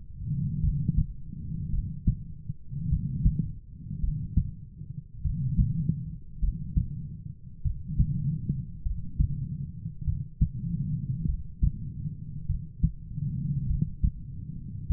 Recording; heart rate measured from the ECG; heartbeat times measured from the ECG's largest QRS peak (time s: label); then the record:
heart sounds by stethoscope; 50 bpm
0.60 s: heartbeat
1.70 s: heartbeat
2.88 s: heartbeat
3.99 s: heartbeat
5.21 s: heartbeat
6.39 s: heartbeat
7.61 s: heartbeat
8.82 s: heartbeat
10.04 s: heartbeat
11.25 s: heartbeat
12.46 s: heartbeat
13.66 s: heartbeat
14.86 s: heartbeat
From the record:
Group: heart failure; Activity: rest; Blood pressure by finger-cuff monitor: 84/48 mmHg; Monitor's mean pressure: 61 mmHg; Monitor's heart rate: 50 bpm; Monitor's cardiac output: 4.3 L/min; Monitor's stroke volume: 85 mL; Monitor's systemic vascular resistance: 1020 dyn s/cm5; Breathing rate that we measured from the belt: 23 breaths a minute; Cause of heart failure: dilated cardiomyopathy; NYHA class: 3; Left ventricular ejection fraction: 27%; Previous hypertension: present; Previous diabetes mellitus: present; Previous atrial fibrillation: present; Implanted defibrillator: present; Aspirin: present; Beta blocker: bisoprolol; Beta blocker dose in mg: 1.25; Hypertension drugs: sacubitril-valsartan, spironolactone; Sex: female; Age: 39 years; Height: 170 cm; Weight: 64 kg